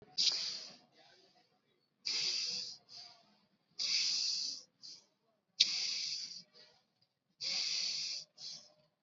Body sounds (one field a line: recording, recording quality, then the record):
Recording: shallow breathing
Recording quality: excellent, no background noise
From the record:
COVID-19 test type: RT-PCR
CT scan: not taken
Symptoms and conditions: none ticked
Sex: male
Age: 29 years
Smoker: no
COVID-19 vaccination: both doses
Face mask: worn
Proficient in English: yes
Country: India